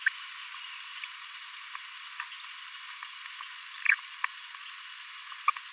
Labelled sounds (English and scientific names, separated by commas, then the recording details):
Green-rumped Parrotlet (Forpus passerinus) babbling
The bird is a male
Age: 26 days
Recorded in a nest box in Venezuela
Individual 17B42A3